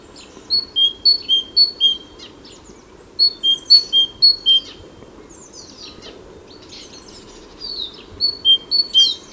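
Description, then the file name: Great tit repeating a ringing high-low two-note phrase in three runs, with scattered thin chirps in between. "Parus major"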